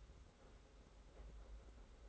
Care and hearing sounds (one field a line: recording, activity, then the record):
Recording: daily activity, microphone in the room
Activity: make coffee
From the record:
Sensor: 3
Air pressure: 991.7 hPa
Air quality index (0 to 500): 181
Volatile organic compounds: 1000 ppm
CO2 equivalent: 6039 ppm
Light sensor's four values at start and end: 41/118/48/42 and 41/118/48/42